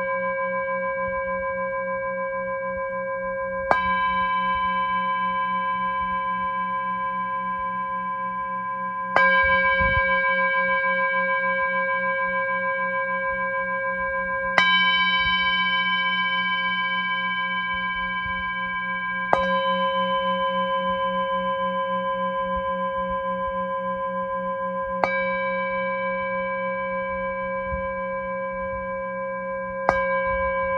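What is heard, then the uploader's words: A Tibetan singing bowl is struck about every five seconds, each strike giving a bright metallic ping that settles into a long, steady ringing hum. The tone never fully dies between strikes, so the sound stays continuous, with a low pulsing waver underneath. The sound of a Tibetan Singing Bowl.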